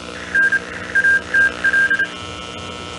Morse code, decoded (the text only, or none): N ATL